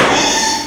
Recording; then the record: squeal of a Yucatan mini pig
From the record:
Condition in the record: before surgery on the right vocal fold (resection and tissue-engineered implant); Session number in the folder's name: 2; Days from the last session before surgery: 0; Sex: male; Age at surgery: 12 weeks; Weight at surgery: 13 kg